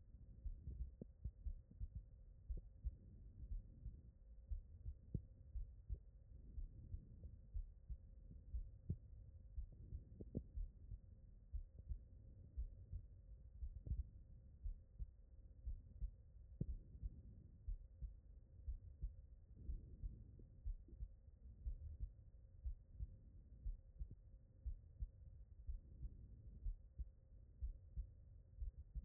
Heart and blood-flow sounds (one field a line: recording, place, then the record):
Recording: heart sounds by stethoscope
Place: aortic valve (AV)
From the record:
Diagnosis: non-HFrEF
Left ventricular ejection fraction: 43%